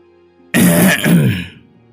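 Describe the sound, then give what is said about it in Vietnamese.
A single loud, rough throat clearing, two quick guttural pushes lasting about a second, standing alone against a quiet background with no talking. “Đang lúc hai người ôm nhau âu yếm, liền nghe tiếng hắng giọng.”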